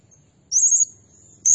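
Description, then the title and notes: Blue-crowned hanging parrot with one thin, very high wavering trill lasting about a third of a second, followed by the start of another. Tutor (masteran) and lure (pemikat) recording of an actively calling (gacor) bird, described as 'nembak' (shooting notes) and said to agitate all birds. "Burung Serindit Nembak Gacor Bikin Emosi Semua Burung. Suara Nasteran Dan Pemikat Burung Serinditan Gacor"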